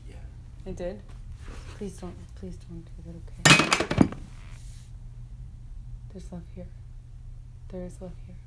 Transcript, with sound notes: Yeah.
It did? Please don't. Please do not do it, okay? [It sounds like the knife is thrown aside.] There's love here. There is love here.